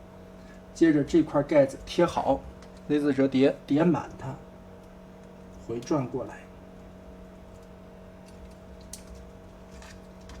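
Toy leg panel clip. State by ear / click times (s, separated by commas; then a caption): seated / 8.9 s. Someone talks from about 0.8 to 6.4 s while handling a plastic Transformers MPM03 Bumblebee toy. The plastic leg cover panel is wrapped around and its clip is slipped on, snapping into place with a short, sharp click at 8.9 s. The leg panel clip is latched and seated, followed by a couple of faint handling ticks near the end.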